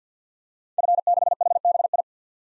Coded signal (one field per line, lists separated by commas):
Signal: Morse code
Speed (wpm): 50 wpm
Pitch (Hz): 700 Hz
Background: none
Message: F6HBI